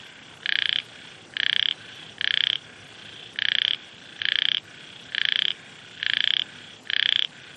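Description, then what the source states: Frog calling with brief buzzy, ringing croaks, eight bursts at slightly uneven intervals, a soft background hiss throughout. Frogs in Vietnam, with wind.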